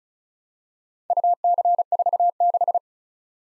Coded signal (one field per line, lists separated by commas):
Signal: Morse code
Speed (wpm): 36 wpm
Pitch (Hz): 700 Hz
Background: none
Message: UC46